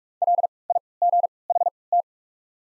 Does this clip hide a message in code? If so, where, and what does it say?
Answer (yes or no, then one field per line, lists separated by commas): yes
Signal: Morse code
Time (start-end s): 0.2-2.0 s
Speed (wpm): 46 wpm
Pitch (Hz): 700 Hz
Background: none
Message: LIGHT